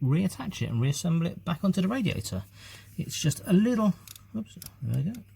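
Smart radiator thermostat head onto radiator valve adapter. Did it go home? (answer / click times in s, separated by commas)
no / none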